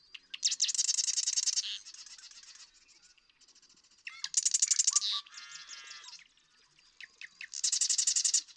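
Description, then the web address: Marsh Wren song: a few ticking notes lead into fast buzzy rattling trills, repeated in several bursts, with softer chatter between them. "birdsongforthecurious Marsh Wren"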